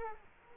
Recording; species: mosquito wingbeat signal from an infrared sensor; Culex quinquefasciatus